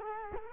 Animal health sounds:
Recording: mosquito wingbeat signal from an infrared sensor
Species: Culex quinquefasciatus

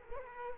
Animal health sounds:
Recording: mosquito wingbeat signal from an infrared sensor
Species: Culex quinquefasciatus

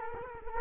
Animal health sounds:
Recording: mosquito wingbeat signal from an infrared sensor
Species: Culex quinquefasciatus

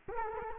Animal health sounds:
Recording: mosquito wingbeat signal from an infrared sensor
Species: Culex quinquefasciatus

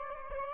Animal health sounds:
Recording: mosquito wingbeat signal from an infrared sensor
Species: Aedes albopictus

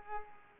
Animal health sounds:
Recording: mosquito wingbeat signal from an infrared sensor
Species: Culex pipiens

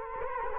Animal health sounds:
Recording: mosquito wingbeat signal from an infrared sensor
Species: Culex quinquefasciatus

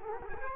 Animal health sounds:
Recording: mosquito wingbeat signal from an infrared sensor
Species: Culex quinquefasciatus

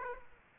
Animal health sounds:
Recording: mosquito wingbeat signal from an infrared sensor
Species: Aedes aegypti

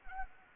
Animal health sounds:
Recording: mosquito wingbeat signal from an infrared sensor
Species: Anopheles arabiensis

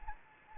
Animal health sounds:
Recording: mosquito wingbeat signal from an infrared sensor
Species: Anopheles gambiae

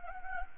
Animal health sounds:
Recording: mosquito wingbeat signal from an infrared sensor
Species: Anopheles gambiae

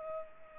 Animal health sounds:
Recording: mosquito wingbeat signal from an infrared sensor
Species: Culex pipiens

